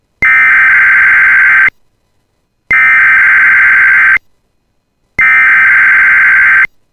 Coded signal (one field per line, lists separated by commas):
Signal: Emergency Alert System (SAME) tones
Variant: header bursts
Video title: [EAS Compilation] 2025 Minnesota Statewide Tornado Drill Emergency Alert System Tests